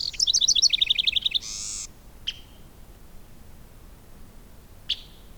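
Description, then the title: Bird song phrase: a quick series of high notes, then a short buzzy note. Two isolated sharp chips follow after a pause. "neoscenes: birds"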